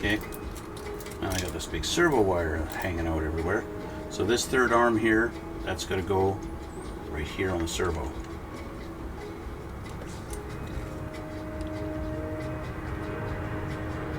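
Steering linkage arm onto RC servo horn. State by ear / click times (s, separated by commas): not seated / none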